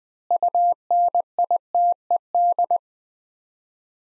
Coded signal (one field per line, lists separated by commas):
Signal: Morse code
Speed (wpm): 20 wpm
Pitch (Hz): 700 Hz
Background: none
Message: UNITED